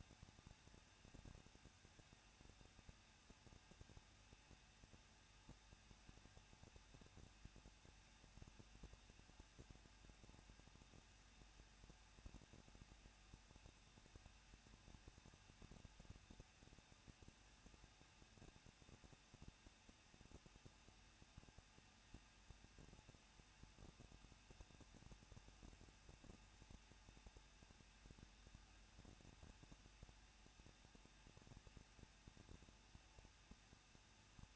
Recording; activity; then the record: daily activity, microphone in the room; no activity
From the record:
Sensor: 2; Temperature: 21.0 degrees Celsius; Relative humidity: 37.4%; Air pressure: 1006.2 hPa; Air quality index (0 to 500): 221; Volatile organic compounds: 24 ppm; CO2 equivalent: 2802 ppm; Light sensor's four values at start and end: 2/3/2/2 and 2/3/2/2